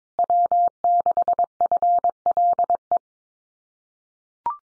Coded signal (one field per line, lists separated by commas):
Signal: Morse code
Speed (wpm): 22 wpm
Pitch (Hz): 700 Hz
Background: none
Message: W6FLE